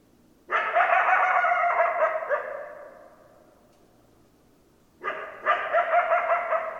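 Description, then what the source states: Coyote calls: a long harsh, harmonic howl of about two seconds that gradually fades, then a second call with a stuttering yip start. Recorded 10 December 2012; more than one coyote.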